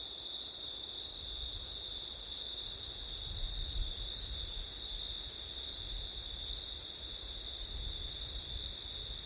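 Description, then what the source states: Crickets sing a constant high trilling chorus while soft wind rumbles low underneath, gusting a little near the middle. Crickets singing on a September night, with wind; recorded with ortif setup.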